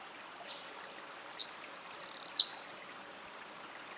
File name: Troglodytes troglodytes